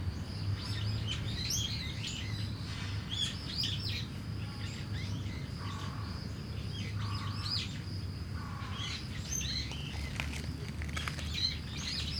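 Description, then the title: Starling song of scratchy, chattering high notes in short bursts over a steady low traffic rumble, with a few lower drawn-out tones midway. Singing in a tree in Kiyosumi garden, Tokyo, Japan; crickets and cars also heard; binaural recording. "Kiyosumi garden, Tokyo, Japon - Starling in a tree"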